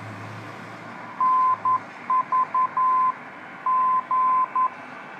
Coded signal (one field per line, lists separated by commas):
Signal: Morse code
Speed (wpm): 11 wpm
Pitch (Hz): 1030 Hz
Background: none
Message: NVG